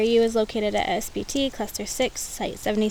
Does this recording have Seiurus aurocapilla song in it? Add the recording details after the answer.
no. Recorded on 25 June 2016 at 16:55. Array SBT-6-76